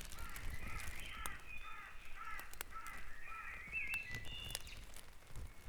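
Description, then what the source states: Several birds at dawn: rough, layered calls early on, then bright whistled notes and high chirps, with sharp ticking sounds throughout. Dawn chorus at Back Dragon Avenue, Harrogate; part of the Sound Map of Harrogate.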